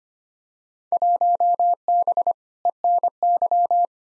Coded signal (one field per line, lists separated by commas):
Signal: Morse code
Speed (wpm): 25 wpm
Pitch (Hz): 700 Hz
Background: none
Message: 1B ENY